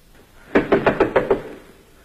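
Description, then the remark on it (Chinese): Six quick, firm knocks rap on a wooden door in an even rhythm, each a sharp, hollow thud, as Emilia knocks in a scene from Othello, with nothing else but faint background hiss around them. “这时传来敲门声，是雅各的妻子艾米莉夏。”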